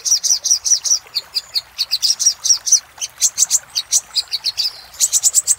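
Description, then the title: Little spiderhunter song of high, sharp chirps in short spaced series, some notes slurred, with a brief pause before a final fast run. Master recording used for training cage birds. "Masteran Burung Sogok Ontong Labaik"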